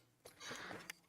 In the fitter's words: that's quite a click there we go she's in